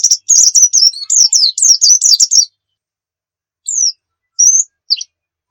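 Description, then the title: White-eye song: a fast burst of high slurred chirps for about two and a half seconds, then silence and three separate thin notes. Muria-type white-eye (pleci Muria) singing actively (gacor); Indonesian masteran recording used to train caged songbirds to sing. "nightingale masteran. Pleci Muria Gacor"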